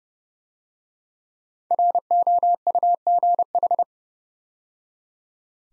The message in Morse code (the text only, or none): ROUGH